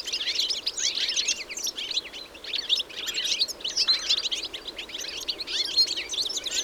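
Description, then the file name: European goldfinch twittering calls, a dense overlapping chatter of quick high tinkling notes from many birds, continuous throughout with slight dips in intensity. "Carduelis carduelis"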